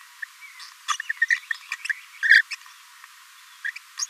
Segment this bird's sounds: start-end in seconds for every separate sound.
0.22-0.24, 0.99-1.01, 1.09-1.12, 1.21-1.25, 1.30-1.36, 1.84-1.87, 2.23-2.42, 2.50-2.55, 3.64-3.71, 3.76-3.78, 3.99-4.06